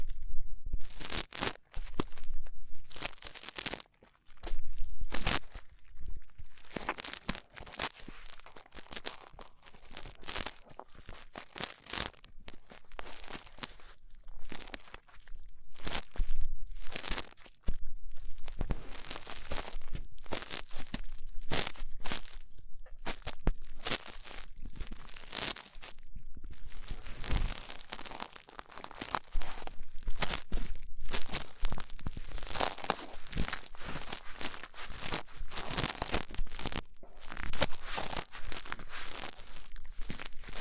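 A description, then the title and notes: Ear cleaning sounds: dense, rough scratching and crackling that runs almost continuously through the clip, in rapid irregular bursts. The rustle is bright and papery, with a few short pauses, notably around four and seventeen seconds, and louder sharp crunches scattered throughout. ASMR Rough Ear Cleaning (No Talking).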